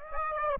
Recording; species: mosquito wingbeat signal from an infrared sensor; Aedes aegypti